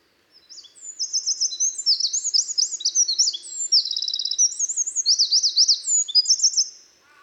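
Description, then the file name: Eurasian wren song: a fast, very high, tinkling run of trills and sharp rising-falling notes, delivered continuously. "Troglodytes troglodytes"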